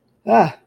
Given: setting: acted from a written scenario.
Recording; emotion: vocal sound without words; distress